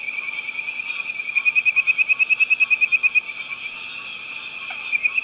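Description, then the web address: Tree frog giving a loud, fast pulsed trill over a steady high-pitched hum, with a brief trill again at the end. "Hylidae"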